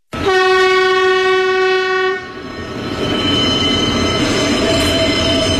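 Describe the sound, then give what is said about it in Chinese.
A train horn blares with a loud, steady harmonic chord for about two seconds, then cuts off as the rumble and clatter of the passing train continue, with a faint high wheel squeal. “我的职业是自由摄影师，我拍摄的主要对象是中国大地上的火车。”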